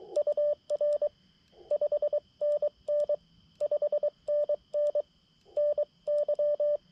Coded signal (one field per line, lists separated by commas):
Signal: Morse code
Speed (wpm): 20 wpm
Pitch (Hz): 600 Hz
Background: radio noise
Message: UR 5NN 5NN NY